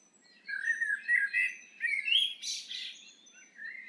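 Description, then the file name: Eurasian blackbird delivering a rich, fluted warble that rises into a thin, squeaky flourish, followed by softer whistled notes. "Turdus merula"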